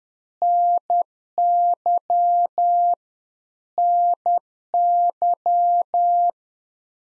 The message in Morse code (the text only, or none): NY NY